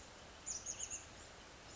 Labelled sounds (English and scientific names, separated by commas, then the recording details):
Chestnut-backed Chickadee (Poecile rufescens)
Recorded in Sonoma County, California